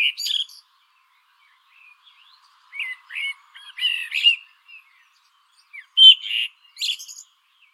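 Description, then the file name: Eurasian blackbird song: several fluted, slurred phrases with scratchy high twitters, delivered in bursts separated by brief pauses. "Turdus merula"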